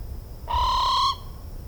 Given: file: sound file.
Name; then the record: trill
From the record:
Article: Birdsong Denoising Using Wavelets